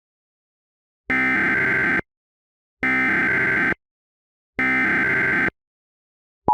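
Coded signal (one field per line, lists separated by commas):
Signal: Emergency Alert System (SAME) tones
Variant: header bursts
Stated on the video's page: Fictional EAS scenario about a Diablo Canyon nuclear plant meltdown.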